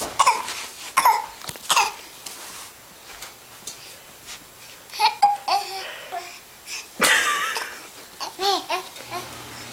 Baby coughing.